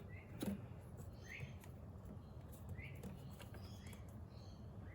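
On a second try, after the first attempt lacked a clean click, an intake crankcase vent component with a washer is worked toward its seat on the intake manifold of a Mercedes C250's M271 engine. Over a low steady rumble with faint chirps, brief light ticks come at about 1.6, 3.0 and 3.5 seconds. Nothing has seated or clicked yet.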